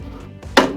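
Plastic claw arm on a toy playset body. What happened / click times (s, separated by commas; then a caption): The plastic arm clicked into its next ratchet position / 0.6 s. A plastic claw arm on a toy playset body, the ThunderCats Ultimates Cats Lair by Super7, is swung open by hand so it ratchets into each position. After a quiet stretch with a faint tap near 0.4 s, a sharp, loud click lands at 0.6 s and then rings down. The claw clicks open into its ratchet position.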